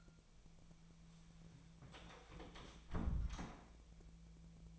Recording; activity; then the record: daily activity, microphone in the room; close door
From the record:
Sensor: 1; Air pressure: 1000.5 hPa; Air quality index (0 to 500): 184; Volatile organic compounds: 4 ppm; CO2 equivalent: 1702 ppm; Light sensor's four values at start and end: 12/29/12/14 and 12/28/12/13